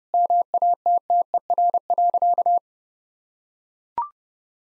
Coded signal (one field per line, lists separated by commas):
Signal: Morse code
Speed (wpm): 30 wpm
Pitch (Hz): 700 Hz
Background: none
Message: MATTER.